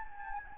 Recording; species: mosquito wingbeat signal from an infrared sensor; Anopheles gambiae